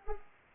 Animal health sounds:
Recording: mosquito wingbeat signal from an infrared sensor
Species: Culex pipiens

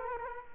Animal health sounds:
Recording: mosquito wingbeat signal from an infrared sensor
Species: Culex quinquefasciatus

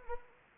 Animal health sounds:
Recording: mosquito wingbeat signal from an infrared sensor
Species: Anopheles arabiensis

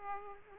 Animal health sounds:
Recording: mosquito wingbeat signal from an infrared sensor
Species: Aedes aegypti

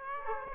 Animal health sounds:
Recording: mosquito wingbeat signal from an infrared sensor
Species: Aedes aegypti

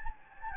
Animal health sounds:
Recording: mosquito wingbeat signal from an infrared sensor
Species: Anopheles gambiae

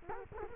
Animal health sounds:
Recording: mosquito wingbeat signal from an infrared sensor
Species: Culex quinquefasciatus

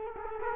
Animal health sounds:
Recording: mosquito wingbeat signal from an infrared sensor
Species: Culex quinquefasciatus

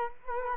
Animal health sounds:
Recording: mosquito wingbeat signal from an infrared sensor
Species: Culex quinquefasciatus

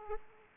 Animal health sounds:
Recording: mosquito wingbeat signal from an infrared sensor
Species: Aedes aegypti

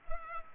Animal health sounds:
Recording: mosquito wingbeat signal from an infrared sensor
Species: Culex pipiens

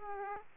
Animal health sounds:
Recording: mosquito wingbeat signal from an infrared sensor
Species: Aedes aegypti

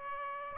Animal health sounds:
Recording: mosquito wingbeat signal from an infrared sensor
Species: Aedes aegypti

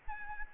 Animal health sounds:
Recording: mosquito wingbeat signal from an infrared sensor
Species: Aedes albopictus

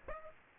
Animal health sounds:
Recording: mosquito wingbeat signal from an infrared sensor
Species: Aedes aegypti

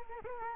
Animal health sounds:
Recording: mosquito wingbeat signal from an infrared sensor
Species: Culex quinquefasciatus

